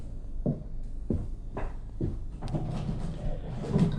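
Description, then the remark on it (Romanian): A window being opened: a run of four or five dull wooden knocks and rattles at a steady pace, followed by a softer scraping, creaking stretch of movement. “Dă drumul la fereastră.”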